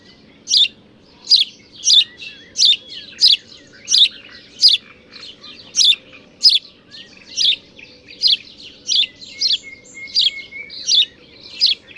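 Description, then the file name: House sparrow chirping, a steady run of bright, harsh chirps about every two-thirds of a second. "Passer domesticus"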